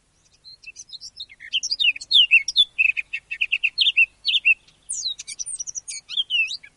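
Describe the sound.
Eurasian blackcap singing a fast warble that starts softly, swells into loud fluty whistled phrases, then ends with scratchy high twittering notes.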